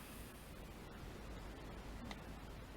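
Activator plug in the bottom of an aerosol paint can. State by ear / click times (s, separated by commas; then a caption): seated / 2.1 s. The small activator plug in the bottom of a two-part aerosol paint can is pushed in with the red cap against a steady, noisy hiss. It pops in at 2.1 s with a single short, sharp click, releasing the activator and seating the plug.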